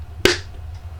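A built-in stylus is pushed back into its holder on a plastic paper-scoring board and snaps in with one sharp click at 0.3 s. The click rings briefly and fades. The stylus is seated and held secure.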